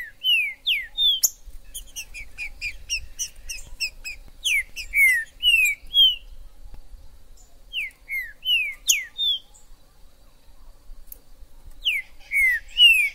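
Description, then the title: Green-winged saltator repeating short whistled phrases of falling, slurred notes every few seconds, with soft ticking notes between phrases. In the forest (mato). "Trinca ferro MAJOR no MATO"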